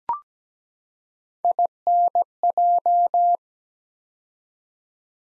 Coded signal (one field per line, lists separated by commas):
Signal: Morse code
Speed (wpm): 17 wpm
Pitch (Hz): 700 Hz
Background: none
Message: INJ